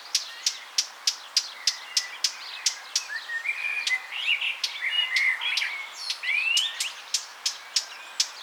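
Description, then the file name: Eurasian blackcap gives a steady run of hard tack calls, several per second, with a burst of chattering warble in the middle. "Sylvia atricapilla"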